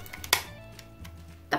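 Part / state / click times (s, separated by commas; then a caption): plastic leg section into the transforming toy cube robot body / seated / 0.3 s. A plastic leg section of a transforming toy cube robot is pushed straight down into the body during its change to animal mode, with a few faint ticks before a sharp, bright snap at 0.3 s as it locks into place. Another louder click follows near 1.5 s, and the leg section is seated.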